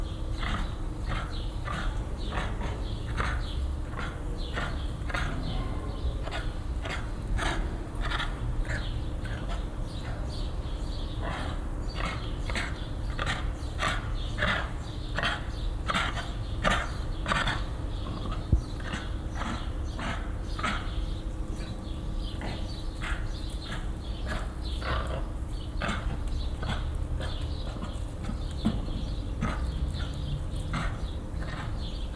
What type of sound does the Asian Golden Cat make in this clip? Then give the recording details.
call. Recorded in captivity. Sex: male. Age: adult. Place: Zoo Dresden, Sachsen, DE. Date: 1995-05-17 15:13. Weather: bedeckt, 12°C. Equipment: Marantz CP 430, Sennheiser ME 80, Kopie Uher 4000 Report Monitor. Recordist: Tembrock, Günter. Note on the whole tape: Männchen (einzeln): Maunzer (differenzierte Lautform), auch Spritzen